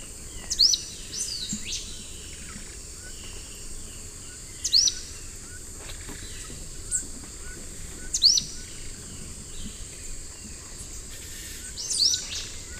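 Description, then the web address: Golden-bellied euphonia calls: four sharp, high, quickly falling notes spaced about four seconds apart, over a steady high-pitched insect drone and soft background hiss. Eastern lowlands of South America; the recording presents two call types of the species. "Natures Songs S America Eastern Lowlands Euphonia chrysopasta, 2 call types"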